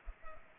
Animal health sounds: mosquito wingbeat signal from an infrared sensor; Culex pipiens

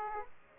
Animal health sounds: mosquito wingbeat signal from an infrared sensor; Aedes aegypti

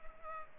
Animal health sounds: mosquito wingbeat signal from an infrared sensor; Culex pipiens

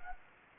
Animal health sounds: mosquito wingbeat signal from an infrared sensor; Anopheles gambiae

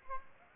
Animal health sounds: mosquito wingbeat signal from an infrared sensor; Aedes aegypti

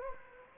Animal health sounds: mosquito wingbeat signal from an infrared sensor; Anopheles gambiae

